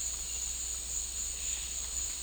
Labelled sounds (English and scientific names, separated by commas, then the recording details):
none
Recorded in dense forest near Puerto Asís, Putumayo, Colombia, on 21 December 2024 at 12:30
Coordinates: 0.486, -76.317
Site G003